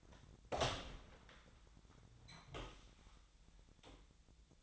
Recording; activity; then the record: daily activity, microphone in the room; open door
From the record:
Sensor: 3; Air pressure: 1009.2 hPa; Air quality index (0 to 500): 198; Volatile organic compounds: 4 ppm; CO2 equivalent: 1593 ppm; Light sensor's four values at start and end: 44/115/50/50 and 44/116/50/50